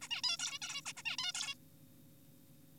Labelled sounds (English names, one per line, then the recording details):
Zebra Finch
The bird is an adult
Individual g4p5U